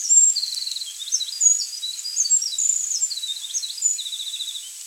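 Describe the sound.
Winter wren singing a rapid, high-pitched stream of tinkling notes and fast trills, with faint background hiss.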